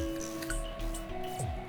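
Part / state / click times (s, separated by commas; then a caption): coin cell battery into car remote key holder / not seated / none. A new CR2032 coin cell is being pressed into the battery holder of a 2009–2017 VW Polo car remote key, with steady background music and light handling ticks, including a brief sharper tick around 0.5 s. The cell is only being handled so far; nothing has seated or clicked yet.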